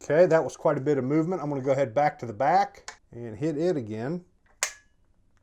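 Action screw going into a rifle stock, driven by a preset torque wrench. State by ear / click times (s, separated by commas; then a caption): torque reached / 4.6 s. Someone talks while a preset torque wrench tightens the rear action screw going into the stock of a T/C Compass 6.5 Creedmoor rifle. A sharp click at 4.6 seconds marks the wrench breaking over at its setting, confirming the screw is torqued.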